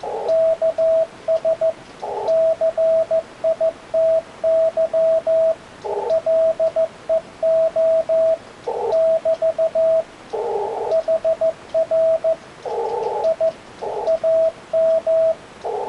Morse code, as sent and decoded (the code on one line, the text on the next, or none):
-.- ... / -.-. .. - -.-- / .-.. . --- / -...- / .... .-. / .. / .- --
KS CITY LEO <BT> HR I AM